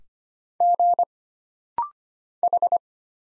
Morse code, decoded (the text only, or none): G H